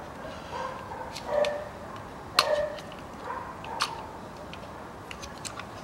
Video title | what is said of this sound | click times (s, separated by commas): Замена замка передней левой двери 2часть Land Rover Discovery 3 Ленд Ровер Дискавери 3 2006 | вот и все не надо было штифт вытаскивать встали | 2.4 s